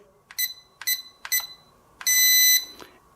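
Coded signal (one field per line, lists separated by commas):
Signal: beep code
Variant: Eachine E009 drone controller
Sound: three short high beeps with clicks, then one long half-second beep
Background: button clicks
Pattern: 3 short, 1 long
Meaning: The long beep means the trim is at the center position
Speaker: and that long beep means that i am at the center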